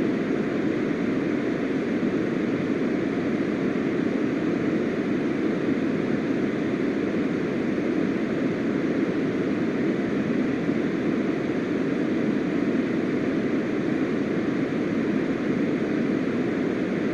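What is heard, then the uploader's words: Pink noise plays as a steady, dense hiss with a deep, rushing weight, fullest in the low and middle range and softer toward the top. It holds at one level for the whole time, with no breaks, swells or other sounds. Pink Noise for 1 Hour.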